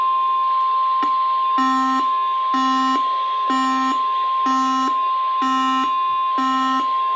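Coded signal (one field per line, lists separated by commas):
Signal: Emergency Alert System (SAME) tones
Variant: 1050 Hz attention tone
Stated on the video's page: Compilation of real Emergency Alert System storm alerts from northern areas.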